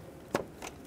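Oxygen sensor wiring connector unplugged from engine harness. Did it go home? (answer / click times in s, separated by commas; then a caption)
released / 0.4 s. The white plastic upstream oxygen sensor harness connector on a 2008–2020 Dodge Grand Caravan, reached between the fan and the engine cover, is unplugged from the engine harness by pressing its tab and pulling it apart. It comes free with a sharp plastic snap at 0.4 s, followed by fainter rattles at about 0.7 s and 0.9 s. The connector is released.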